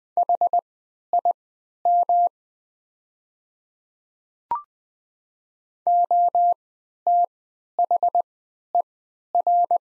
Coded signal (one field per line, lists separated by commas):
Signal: Morse code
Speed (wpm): 21 wpm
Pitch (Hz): 700 Hz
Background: none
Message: HIM OTHER